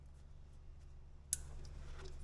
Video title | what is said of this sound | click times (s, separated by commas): Honda Odyssey- changing from active to passive VCM muzzler. | Snaps in place, and then | 1.3 s